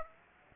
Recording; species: mosquito wingbeat signal from an infrared sensor; Aedes aegypti